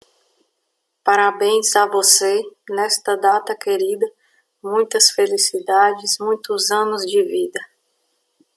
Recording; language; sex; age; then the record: short text; Brazilian Portuguese; female; 30 to 39 years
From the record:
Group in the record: control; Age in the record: 37 years